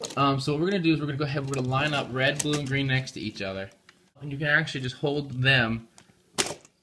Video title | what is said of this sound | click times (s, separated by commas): Ressha Sentai ToQger Ressha Gattai Series ToQ Ressha 1-5 DX Ressha Gattai ToQ-Oh Review | and slide red back and it'll lock into place | 6.4 s